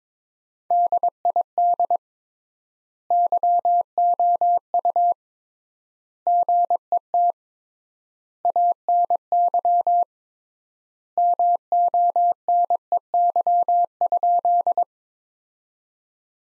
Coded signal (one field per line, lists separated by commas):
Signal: Morse code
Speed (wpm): 22 wpm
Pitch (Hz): 700 Hz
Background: none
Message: DID YOU GET ANY MONEY?